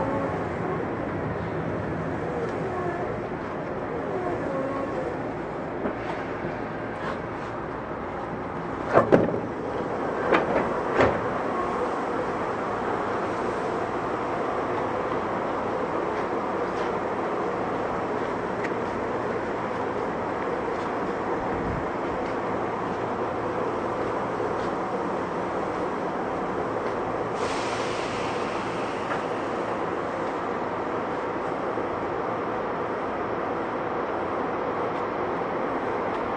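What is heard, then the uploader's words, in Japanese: A Tokyu 8500 series train runs between Omotesando and Azamino, its wheels and motors making a steady, dense rumble throughout. A few sharp knocks and clatters come around nine to eleven seconds, and a brief hiss swells up near twenty-eight seconds. 東急8500系 表参道〜あざみ野。東京メトロ→東急区間の録音です。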